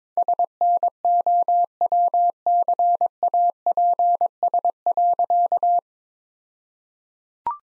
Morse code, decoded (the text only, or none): SNOW CAPS.